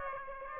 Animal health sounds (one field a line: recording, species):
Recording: mosquito wingbeat signal from an infrared sensor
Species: Aedes aegypti